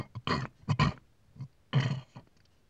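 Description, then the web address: Pig grunting: several short, deep, rough grunts in quick succession. "BBC Sound Effects Library. Pig"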